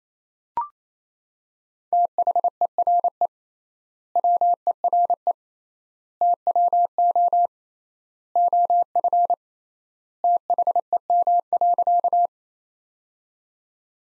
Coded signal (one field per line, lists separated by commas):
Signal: Morse code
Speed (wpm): 28 wpm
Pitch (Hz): 700 Hz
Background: none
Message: THERE WERE TWO OF THEM.